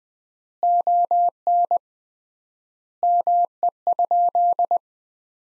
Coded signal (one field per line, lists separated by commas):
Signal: Morse code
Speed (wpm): 21 wpm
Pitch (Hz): 700 Hz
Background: none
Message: ON ME?